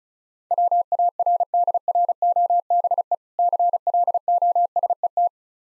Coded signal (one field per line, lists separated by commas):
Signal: Morse code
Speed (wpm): 36 wpm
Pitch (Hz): 700 Hz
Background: none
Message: WARDROBE CLOSET